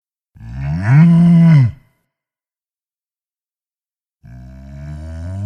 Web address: Ian Hubball Cow Moo